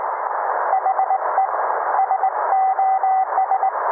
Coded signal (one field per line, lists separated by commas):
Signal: Morse code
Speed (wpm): 18 wpm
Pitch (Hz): 770 Hz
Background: none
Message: HE SOS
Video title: Morse Code vs The Widow Maker